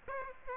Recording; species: mosquito wingbeat signal from an infrared sensor; Aedes aegypti